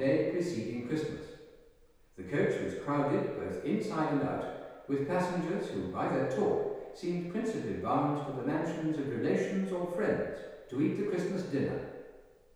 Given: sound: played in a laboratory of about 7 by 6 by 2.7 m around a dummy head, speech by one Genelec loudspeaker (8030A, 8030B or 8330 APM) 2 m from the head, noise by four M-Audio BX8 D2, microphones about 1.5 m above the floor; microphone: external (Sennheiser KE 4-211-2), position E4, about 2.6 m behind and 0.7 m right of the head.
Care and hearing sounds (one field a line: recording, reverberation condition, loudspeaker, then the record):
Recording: male speech in English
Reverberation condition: high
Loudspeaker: in front (0 degrees)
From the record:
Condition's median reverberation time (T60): about 1300 ms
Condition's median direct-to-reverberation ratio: about -4.0 dB